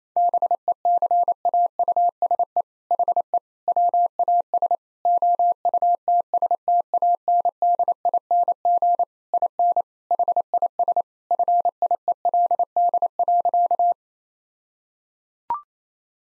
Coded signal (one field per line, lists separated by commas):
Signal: Morse code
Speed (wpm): 27 wpm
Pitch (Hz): 700 Hz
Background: none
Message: BECAUSE HE WAS OUTSTANDING IN HIS FIELD.